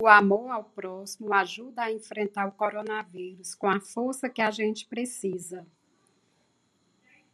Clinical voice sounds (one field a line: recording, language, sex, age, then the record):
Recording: spoken sentence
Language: Brazilian Portuguese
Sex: female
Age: 20 to 29 years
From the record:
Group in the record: control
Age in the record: 24 years